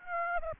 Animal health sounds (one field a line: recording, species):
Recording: mosquito wingbeat signal from an infrared sensor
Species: Aedes aegypti